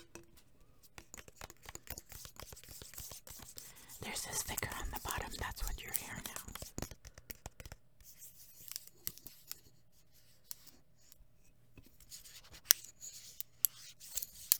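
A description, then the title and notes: Quiet handling sounds: soft taps and small clicks scattered throughout, with a denser stretch of rubbing and rustling, like hands working in lotion, from about four to seven seconds. Afterward things thin out to sparse taps, with a few sharper clicks near the end over a faint low hum. ASMR Four Candles and Two Lighters. Tapping, lighter sounds, lotion sounds, hand sounds.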